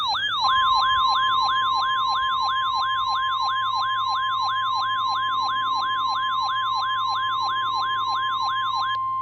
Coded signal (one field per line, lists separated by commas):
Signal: Emergency Alert System (SAME) tones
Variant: 1050 Hz attention tone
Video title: KXI42 Required Weekly Test. 5/7/25 EAS #394